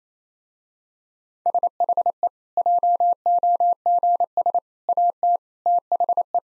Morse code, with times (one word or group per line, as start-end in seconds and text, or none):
1.5-2.3 SHE
2.6-4.6 JOGS
4.9-5.4 AT
5.7-6.4 THE